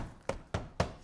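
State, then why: Seated. A clad cover piece is hooked behind a lip on a double-hung window sash, rolled on over a bevel, and pressed until it pops into place. Three sharp snaps land at 0.3, 0.5 and 0.8 seconds, each a broadband crack that fades quickly. The piece is seated.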